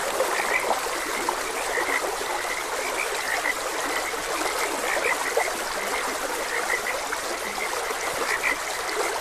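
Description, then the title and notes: Frogs giving fast, repeated chirpy croaks in a dense chorus, with faint low croaks at times and a steady wash of flowing water underneath. Frogs croaking beside a gentle stream. "Gentle Stream and Frogs Croaking - Calming Sounds of Nature. Sleep and Relaxation Podcast"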